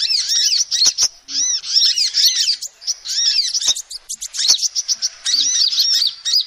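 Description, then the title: High-pitched lovebird chirping in quick, busy bursts of arched squeaky notes, separated by short pauses and a few clicks. Recording used as a lure to trap birds. "PIKAT BURUNG LOVEBIRD"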